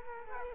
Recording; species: mosquito wingbeat signal from an infrared sensor; Culex quinquefasciatus